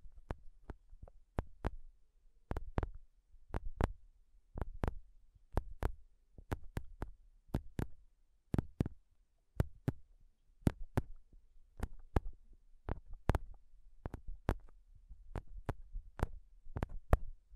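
Fingernails tap sharply on a microphone, each hit a crisp click over a dull low thump. The taps come in uneven pairs and small clusters, about two or three per second, with short silent gaps between them and nothing else underneath.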